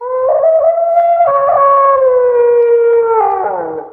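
Wolf howl: one long, steady tonal note with rich harmonics, held for about four seconds, wavering slightly and sliding lower toward the end.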